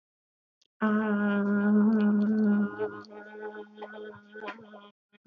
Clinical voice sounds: vowel held as long as possible; female; 30 to 39 years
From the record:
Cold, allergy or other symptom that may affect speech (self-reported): no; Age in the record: 30 years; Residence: Missouri, United States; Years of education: 16

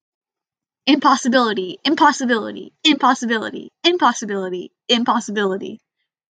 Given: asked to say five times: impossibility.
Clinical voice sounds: repeated word; female; 20 to 29 years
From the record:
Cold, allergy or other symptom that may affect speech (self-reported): no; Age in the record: 20 years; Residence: Washington, United States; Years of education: 14

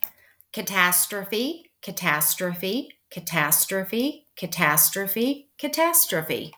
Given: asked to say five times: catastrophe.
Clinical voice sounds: repeated word; female; 50 to 59 years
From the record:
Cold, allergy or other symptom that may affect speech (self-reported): no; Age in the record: 51 years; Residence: United States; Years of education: 18

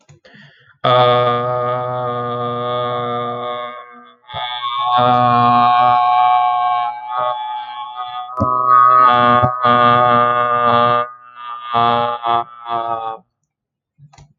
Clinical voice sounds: vowel held as long as possible; male; 20 to 29 years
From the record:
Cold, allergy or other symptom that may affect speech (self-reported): no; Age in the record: 23 years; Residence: New York, United States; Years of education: 17

